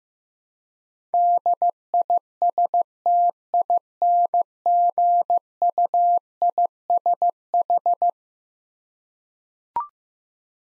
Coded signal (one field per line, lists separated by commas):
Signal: Morse code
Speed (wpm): 16 wpm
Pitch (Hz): 700 Hz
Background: none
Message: DISTINGUISH